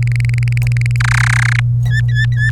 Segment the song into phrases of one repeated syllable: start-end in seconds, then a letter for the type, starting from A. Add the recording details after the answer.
0.02-0.96 A, 1.00-1.60 B, 1.85-2.50 C. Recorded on 27 April 2018 at 10:28. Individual llb3